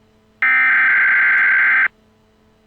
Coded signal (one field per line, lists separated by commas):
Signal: Emergency Alert System (SAME) tones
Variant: header bursts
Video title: Emergency Alert System Informational Message